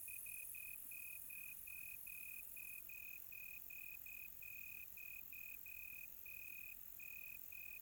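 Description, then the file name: Cricket giving short high-pitched chirps, quickly repeated in an even run, some pulses slightly longer, over quiet background hiss. Quiet tropical night. "quiet tropical night with cricket"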